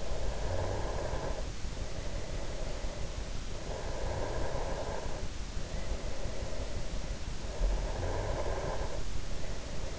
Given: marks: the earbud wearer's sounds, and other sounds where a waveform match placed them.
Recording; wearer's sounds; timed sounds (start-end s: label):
sounds in sleep by an in-ear microphone; snoring breath
0.00-3.29 s: snoring breath
3.51-7.11 s: snoring breath
7.41-9.99 s: snoring breath